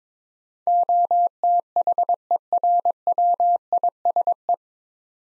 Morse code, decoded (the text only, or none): OTHERWISE